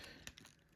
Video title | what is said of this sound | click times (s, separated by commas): Transformers Studio Series '86 Leader Class SPRINGER Review | there's tabs here. Snap that in place. | 0.3 s